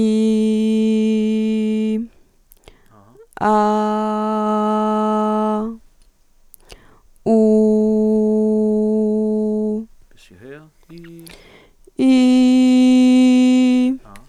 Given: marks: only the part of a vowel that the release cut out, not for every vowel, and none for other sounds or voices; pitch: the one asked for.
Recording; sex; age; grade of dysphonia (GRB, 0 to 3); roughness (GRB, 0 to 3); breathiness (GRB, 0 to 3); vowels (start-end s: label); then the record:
sustained vowels; female; 20 to 29 years; 0; 0; 0
0.00-1.90 s: vowel /i/, normal pitch
3.60-5.51 s: vowel /a/, normal pitch
7.68-9.68 s: vowel /u/, normal pitch
12.10-13.82 s: vowel /i/, high pitch
From the record:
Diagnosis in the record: healthy voice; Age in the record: 25 years